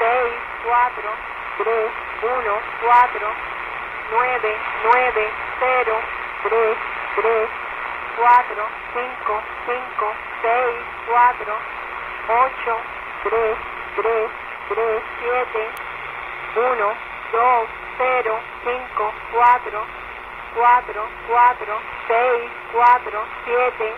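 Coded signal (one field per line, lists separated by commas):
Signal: numbers station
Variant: HM01, Spanish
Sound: a voice reading short, evenly spaced words, likely Spanish numbers, over shortwave hiss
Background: radio static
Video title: HM01 Cuban Spy Numbers 9.065 MHz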